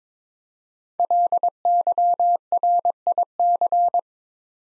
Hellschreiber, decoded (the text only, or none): none